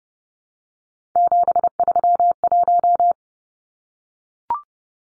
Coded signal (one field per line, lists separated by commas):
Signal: Morse code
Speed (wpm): 30 wpm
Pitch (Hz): 700 Hz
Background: none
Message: 731